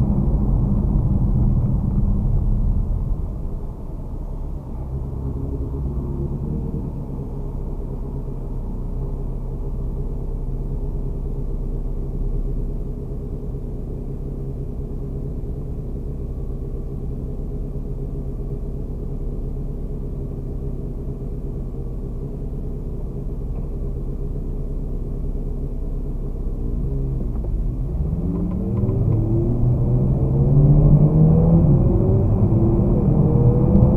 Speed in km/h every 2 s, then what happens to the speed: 38, 22, 0, 0, 0, 0, 0, 0, 0, 0, 0, 0, 0, 0, 0, 22, 38.
0-4 brakes to 0. 4-28 standing. 28-34 pulls away to 38.